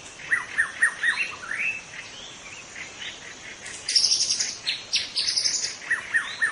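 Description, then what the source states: White-rumped shama song with quick slurred whistles, a quieter stretch, then a burst of very high sharp notes and more looping whistles at the close. In forest; called murai batu hutan (forest white-rumped shama) in Indonesian.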